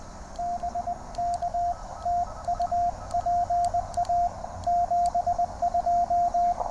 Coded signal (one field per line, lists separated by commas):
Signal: Morse code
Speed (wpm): 20 wpm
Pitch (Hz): 700 Hz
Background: radio noise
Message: BK TU PA 72